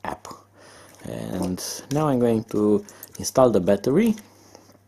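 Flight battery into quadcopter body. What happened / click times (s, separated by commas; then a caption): The battery is being handled but has not yet seated / none. A plastic flight battery is handled at the battery bay of a quadcopter body, ready to be slid in until it latches, while someone talks over a steady low hum. A few faint handling knocks and taps are heard. Nothing has seated or clicked yet.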